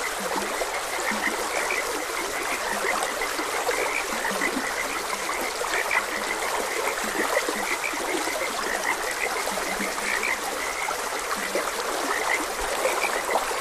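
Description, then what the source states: Frogs giving low croaks and higher chirping notes at irregular intervals, running stream water hissing continuously. Frogs croaking beside a gentle stream.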